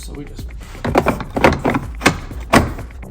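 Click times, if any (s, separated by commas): 2.5 s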